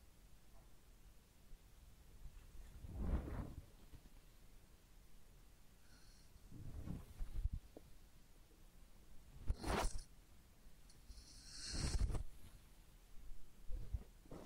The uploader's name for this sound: Real Head Massage and Ear Cleaning